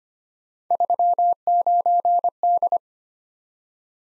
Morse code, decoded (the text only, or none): 39D